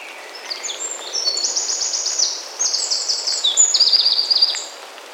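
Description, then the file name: Eurasian wren delivering a fast, loud, very high-pitched run of trills and sharp notes lasting about four seconds, ending in a rapid rattling trill; faint background noise. "Troglodytes troglodytes"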